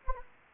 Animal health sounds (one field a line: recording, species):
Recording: mosquito wingbeat signal from an infrared sensor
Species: Anopheles gambiae